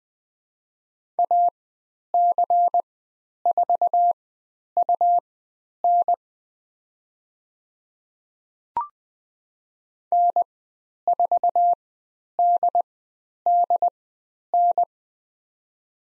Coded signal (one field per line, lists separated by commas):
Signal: Morse code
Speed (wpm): 20 wpm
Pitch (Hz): 700 Hz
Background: none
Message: AC4UN N4DDN